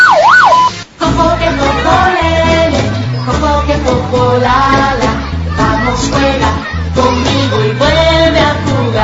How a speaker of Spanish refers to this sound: Saque su basura al sonido de la sirena del camión recolector.